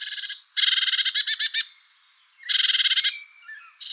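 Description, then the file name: Eurasian blue tit churring: dense rattled bursts, one long run then a shorter one after a pause, with a faint thin whistle trailing. "Cyanistes caeruleus"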